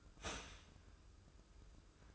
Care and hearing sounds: daily activity, microphone in the room; start toaster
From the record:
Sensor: 2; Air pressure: 995.2 hPa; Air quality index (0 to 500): 55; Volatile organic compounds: 1 ppm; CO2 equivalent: 887 ppm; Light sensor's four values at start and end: 16/53/20/20 and 16/53/21/20

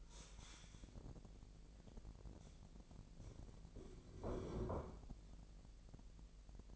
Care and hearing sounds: daily activity, microphone in the room; stand up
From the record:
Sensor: 5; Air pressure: 1001.6 hPa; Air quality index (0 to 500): 249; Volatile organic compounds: 31 ppm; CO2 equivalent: 2990 ppm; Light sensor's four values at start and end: 45/105/43/44 and 45/105/43/43

